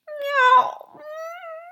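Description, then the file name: Cat giving two meows: a loud first meow that breaks off roughly, then a softer, longer meow rising gently in pitch. "katze"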